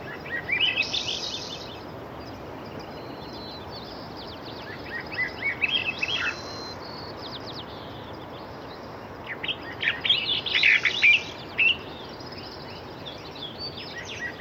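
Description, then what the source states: Songbird twitters come in scattered clusters of sharp high chirps, with pauses between, above constant rushing surf. Songbirds with Pacific surf.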